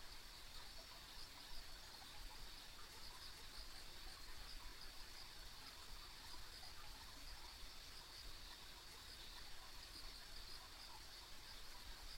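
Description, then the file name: Insects keep up a thin, even high trill throughout beneath a strong continuous rushing hiss and rumble. Ambient insect sounds on a rural country road. "田舎道の虫の環境音"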